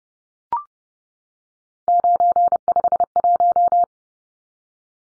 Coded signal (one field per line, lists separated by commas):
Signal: Morse code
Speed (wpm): 30 wpm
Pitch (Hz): 700 Hz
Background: none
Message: 951